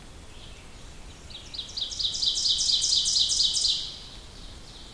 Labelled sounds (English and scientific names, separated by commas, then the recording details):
Ovenbird (Seiurus aurocapilla) song
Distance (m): 15 m
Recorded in boreal forest in Alberta, Canada, on 2 June 2016 at 08:14
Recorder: SongMeter 3, array SBT-3-7
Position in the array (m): 23 m, 135 m
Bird 4